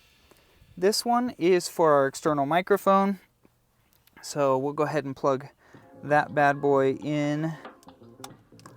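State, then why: Seated. Someone talks while an external microphone plug is pushed into its socket on the back of a double-DIN car stereo head unit. After the talking, small handling taps lead into a sharp click at 8.2 seconds as the plug seats, followed by a few faint ticks.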